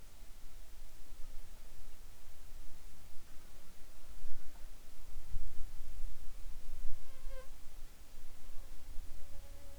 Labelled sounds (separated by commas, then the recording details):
insects
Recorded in the Arctic National Wildlife Refuge, Alaska, on 7 July 2019 at 19:35
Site 41